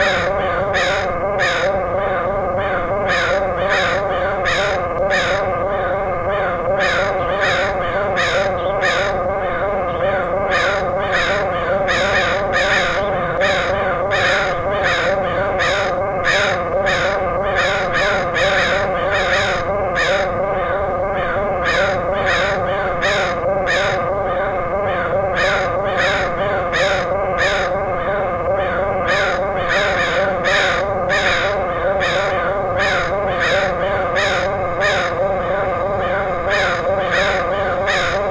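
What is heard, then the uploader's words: Crows caw continuously in a dense, overlapping chorus of harsh, regular calls, with a steady low murmur underneath throughout. Crows of Portland. Crows recorded by Dan Bodah in Portland, OR.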